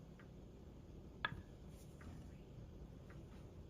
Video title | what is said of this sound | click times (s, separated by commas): Safely pickling produce | you're wanting to listen for that loud click sound | 1.2 s